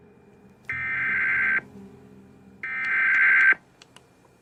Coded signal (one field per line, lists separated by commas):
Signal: Emergency Alert System (SAME) tones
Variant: header bursts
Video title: 4 Scariest Emergency Broadcasts & EAS Alerts (Vol. 1)